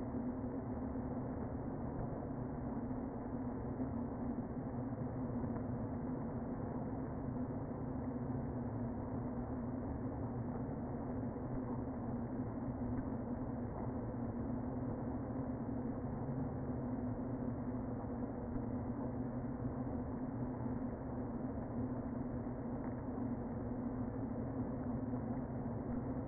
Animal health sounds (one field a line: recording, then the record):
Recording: honeybee colony, microphone inside the hive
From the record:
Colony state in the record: queen present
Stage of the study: before two queens were removed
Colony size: about 60,000 bees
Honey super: yes